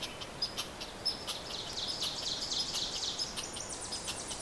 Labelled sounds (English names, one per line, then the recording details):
Ovenbird song
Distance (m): 40 m
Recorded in boreal forest in Alberta, Canada, on 26 May 2016 at 07:54
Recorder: SongMeter 3, array SBT-3-15
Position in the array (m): 52 m, 221 m
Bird 20